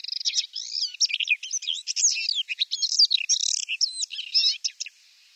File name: Paddyfield Warbler